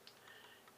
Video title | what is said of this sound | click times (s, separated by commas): Star SE No 4, Wild West Shaving Army soap and aftershave | and then the top cap just comes down and snaps into place | 0.1 s